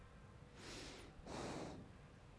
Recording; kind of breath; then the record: one breath in and out by a microphone near the nose and mouth; normal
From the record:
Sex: male